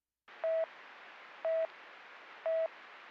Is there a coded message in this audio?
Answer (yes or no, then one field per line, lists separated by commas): no